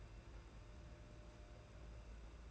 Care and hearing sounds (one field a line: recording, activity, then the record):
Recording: daily activity, microphone in the room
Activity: take from stove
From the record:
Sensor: 2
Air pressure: 991.8 hPa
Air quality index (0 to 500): 233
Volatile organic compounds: 1000 ppm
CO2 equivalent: 7837 ppm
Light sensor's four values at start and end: 18/56/22/20 and 18/56/22/20